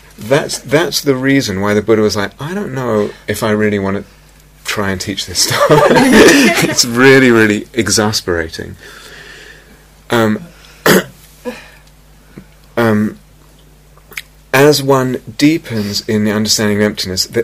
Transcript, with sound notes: That's the reason why the Buddha was like, "I don't know if I really want to try and teach this stuff." [laughter] "It's really, really exasperating." As one deepens in the understanding of emptiness,